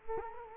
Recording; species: mosquito wingbeat signal from an infrared sensor; Culex quinquefasciatus